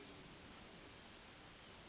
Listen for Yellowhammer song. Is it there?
no